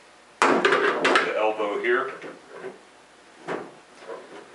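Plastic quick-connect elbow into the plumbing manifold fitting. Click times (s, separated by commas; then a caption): 0.4 s. A plastic quick-connect elbow is pushed into the four-nozzle manifold fitting of an aeroponic plumbing system. A sharp hit sounds at 0.4 s as the elbow seats. Someone talks through the rest of the clip.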